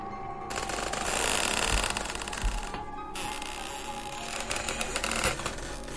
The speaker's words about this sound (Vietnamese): Cánh cửa gỗ của ngôi nhà ọp ẹp, tiếng bản lề khô dầu vang lên những tiếng kèn kẹt kèn kẹt.